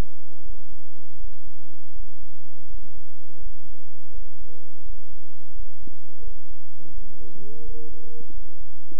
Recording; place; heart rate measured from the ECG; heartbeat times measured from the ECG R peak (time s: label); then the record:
heart sounds by stethoscope; between the tricuspid and mitral areas; 84 bpm
0.42 s: heartbeat
1.17 s: heartbeat
1.92 s: heartbeat
2.67 s: heartbeat
3.39 s: heartbeat
4.11 s: heartbeat
4.82 s: heartbeat
5.52 s: heartbeat
6.20 s: heartbeat
6.90 s: heartbeat
7.61 s: heartbeat
8.30 s: heartbeat
8.99 s: heartbeat
From the record:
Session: bicycle stress test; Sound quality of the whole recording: good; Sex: male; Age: 26 years